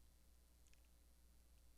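A plastic model kit part is handled and pushed forward toward the mating part of a model robot, with only faint, soft handling ticks over a steady low hum. Nothing has seated or clicked yet; the part is not yet home.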